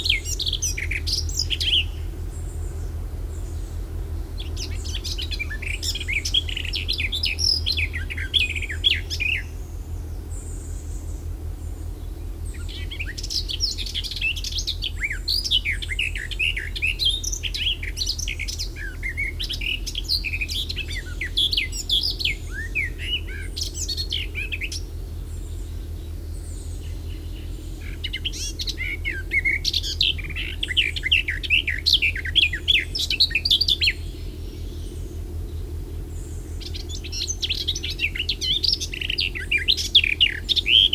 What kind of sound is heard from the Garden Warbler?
song